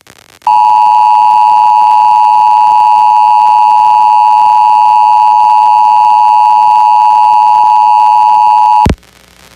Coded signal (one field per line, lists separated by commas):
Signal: Emergency Alert System (SAME) tones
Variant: 853 and 960 Hz attention tone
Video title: Pennsylvania Required Monthly Tests (4/21/22)(EAS 1153-1162)